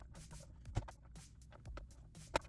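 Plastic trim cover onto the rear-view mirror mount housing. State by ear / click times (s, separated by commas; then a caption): seated / 2.4 s. A plastic trim cover is pressed back onto the rear-view mirror mount housing after a BlackVue DR900X-1CH-Plus dash cam install in a Kia EV6. Soft handling taps and small knocks lead to one loud, sharp snap at 2.4 s. The cover is seated in place.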